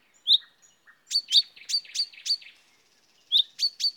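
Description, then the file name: Common chaffinch, sharp high chip notes and a brief buzzy rattle of several quick notes, followed after a pause by three more chips; nothing else audible. "Fringilla coelebs"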